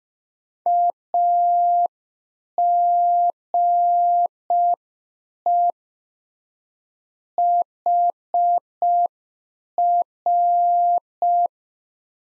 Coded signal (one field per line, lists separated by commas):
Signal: Morse code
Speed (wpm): 5 wpm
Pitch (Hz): 700 Hz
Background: none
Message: AGE HR